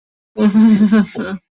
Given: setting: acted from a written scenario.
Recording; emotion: vocal sound without words; embarrassment